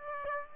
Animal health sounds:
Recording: mosquito wingbeat signal from an infrared sensor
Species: Aedes aegypti

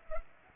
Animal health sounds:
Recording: mosquito wingbeat signal from an infrared sensor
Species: Culex pipiens

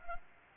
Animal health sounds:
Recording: mosquito wingbeat signal from an infrared sensor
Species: Anopheles gambiae

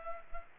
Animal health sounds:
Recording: mosquito wingbeat signal from an infrared sensor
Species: Culex pipiens

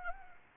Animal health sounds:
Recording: mosquito wingbeat signal from an infrared sensor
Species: Anopheles gambiae

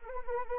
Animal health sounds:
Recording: mosquito wingbeat signal from an infrared sensor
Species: Anopheles arabiensis

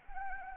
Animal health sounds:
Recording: mosquito wingbeat signal from an infrared sensor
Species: Anopheles arabiensis

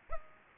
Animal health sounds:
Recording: mosquito wingbeat signal from an infrared sensor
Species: Culex pipiens

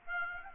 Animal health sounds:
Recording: mosquito wingbeat signal from an infrared sensor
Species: Aedes aegypti

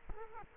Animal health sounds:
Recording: mosquito wingbeat signal from an infrared sensor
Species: Culex quinquefasciatus

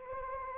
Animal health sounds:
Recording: mosquito wingbeat signal from an infrared sensor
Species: Anopheles arabiensis

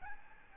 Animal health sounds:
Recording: mosquito wingbeat signal from an infrared sensor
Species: Aedes albopictus

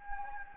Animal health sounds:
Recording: mosquito wingbeat signal from an infrared sensor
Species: Anopheles gambiae

